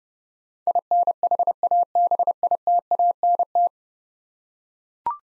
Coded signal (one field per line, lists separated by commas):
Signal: Morse code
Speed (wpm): 30 wpm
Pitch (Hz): 700 Hz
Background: none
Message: INHABITANT